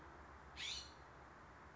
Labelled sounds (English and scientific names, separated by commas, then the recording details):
California Scrub-Jay (Aphelocoma californica)
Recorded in Sonoma County, California